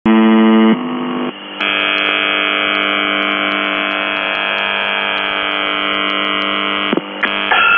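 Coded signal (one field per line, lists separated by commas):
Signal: channel marker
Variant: UVB-76 (The Buzzer)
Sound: harsh, raspy, low buzzing tone held about five seconds, with brief shifts at start and end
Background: radio static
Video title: The Buzzer/UVB-76(4625Khz) November 3, 2021 12:59UTC Voice message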